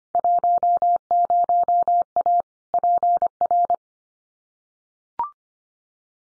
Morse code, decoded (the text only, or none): 10A PR